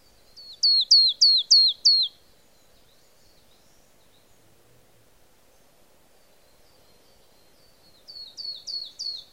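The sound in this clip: Marsh tit calls: a loud run of five high, sharply falling notes, then a fainter, similar series after a long quiet pause.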